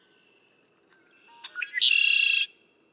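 Red-winged blackbird song: a brief high chip, then clicking introductory notes building into a loud buzzy trill that ends abruptly.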